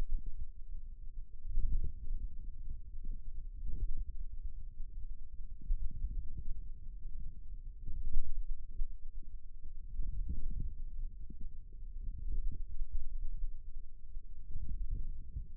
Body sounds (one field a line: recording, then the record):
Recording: forearm muscle sounds (acoustic myography)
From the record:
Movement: wrist extension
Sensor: system 2, bracelet of six BSWA MPA416 microphones around the upper forearm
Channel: 4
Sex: male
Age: 22 years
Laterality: right